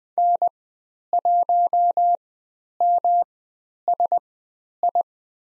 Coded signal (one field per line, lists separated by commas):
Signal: Morse code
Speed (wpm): 20 wpm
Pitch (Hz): 700 Hz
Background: none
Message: N1MSI